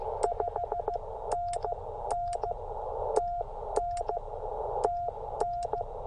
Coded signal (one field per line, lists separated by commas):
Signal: Morse code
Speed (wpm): 16 wpm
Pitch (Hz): 700 Hz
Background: radio noise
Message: 5NN TN TN